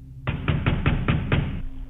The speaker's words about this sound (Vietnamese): Thứ ở bên ngoài không quan tâm đến tiếng chó sủa, vẫn tiếp tục gõ cửa. Cho đến khi nó không gõ nữa mà nó đập cửa thình thình.